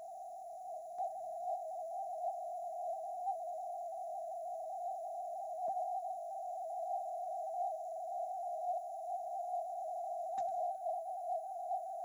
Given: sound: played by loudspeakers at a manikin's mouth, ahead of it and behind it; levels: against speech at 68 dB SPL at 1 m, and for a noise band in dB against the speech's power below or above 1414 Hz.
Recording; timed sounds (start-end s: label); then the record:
test signals for a remote microphone
0.00-0.98 s: noise band at 707 Hz, -5 dB
0.98-5.68 s: noise band at 707 Hz, 0 dB
5.68-10.38 s: noise band at 707 Hz, +5 dB
10.38-12.05 s: noise band at 707 Hz, +10 dB
From the record:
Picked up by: remote microphone A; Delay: 47 ms